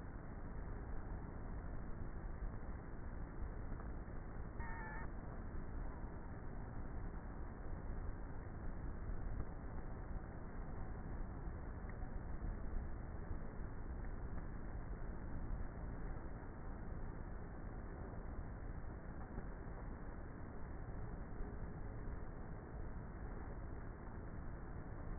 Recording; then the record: honeybee colony, microphone inside the hive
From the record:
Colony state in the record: queenless with a low population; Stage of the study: before two queens were removed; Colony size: about 30,000 bees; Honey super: no